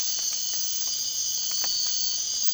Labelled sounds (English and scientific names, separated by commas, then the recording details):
none
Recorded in dense forest near Puerto Asís, Putumayo, Colombia, on 24 March 2025 at 01:00
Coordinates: 0.499, -76.324
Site GP03